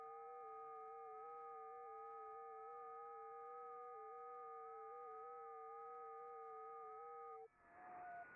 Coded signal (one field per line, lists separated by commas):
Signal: FT8